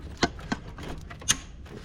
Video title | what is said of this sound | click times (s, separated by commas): EASY FIX, Common Starting Issue Ford Focus | Snap. All right, got that one in. | 1.3 s